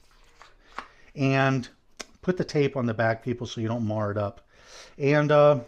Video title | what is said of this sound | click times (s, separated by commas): How to make a Hybrid holster. | It's a nice little click. | 0.8 s